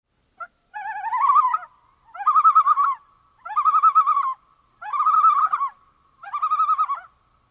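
Loon tremolo, five quavering, wavering notes, each about a second long, repeated roughly every one and a half seconds at a steady mid pitch.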